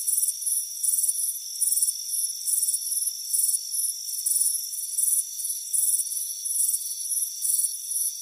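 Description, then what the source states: Cricket chorus: shrill pulsed chirps repeated steadily, with a constant high whine running underneath. Crickets chirping on a warm afternoon by a front porch.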